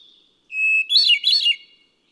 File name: Hermit Thrush